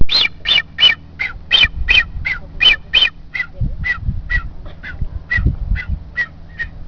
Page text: A blue-footed booby nesting in the trail Fri May 26, 2000 North Seymour Island, Galapagos